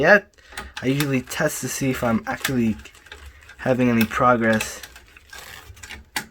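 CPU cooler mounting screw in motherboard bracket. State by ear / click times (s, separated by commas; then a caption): released / 6.2 s. A spring-loaded mounting screw on a CPU cooler, held in the motherboard bracket, is unscrewed while someone talks, with small ticking and scraping sounds. It clicks free at 6.2 seconds, which shows it is now loosely connected.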